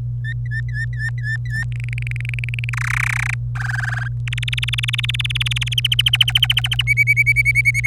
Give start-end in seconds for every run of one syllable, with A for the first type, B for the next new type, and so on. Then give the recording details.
0.24-1.64 A, 1.72-2.69 B, 2.73-3.34 C, 3.55-4.08 D, 4.27-5.80 E, 5.84-6.82 F, 6.87-7.87 G. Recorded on 25 April 2018 at 17:50. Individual llb3